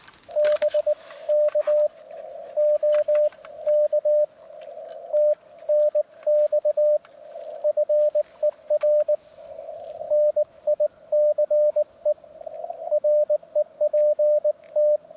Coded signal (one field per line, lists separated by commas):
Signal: Morse code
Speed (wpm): 18 wpm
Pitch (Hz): 600 Hz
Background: radio noise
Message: BK OK TNX FER NICE REPT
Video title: お昼休み 河川敷プチ移動運用(その2) 上岡沙織さん JP7VEA局とCW交信 CQ ham radio CW運用 入門編 連載中 15WPM 2022/02/09 アマチュア無線 VLOG 47